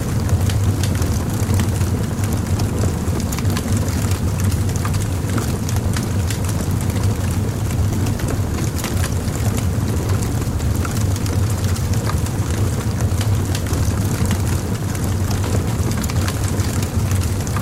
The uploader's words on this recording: Cozy Night by the Bonfire. Sitting by a cozy bonfire on a cool evening, surrounded by nature and the sound of crackling wood. The natural ambience of the forest at night.